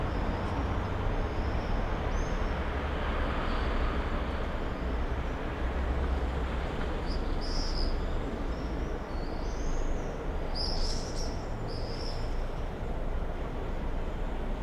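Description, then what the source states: Common swifts giving shrill high screams, scattered single calls early, then a louder cluster of overlapping screams near the end, over low rumbling background noise. Summer evening in a backyard in Bytom, Poland; many swifts circling; recorded with Zoom F4 and AT BP4025.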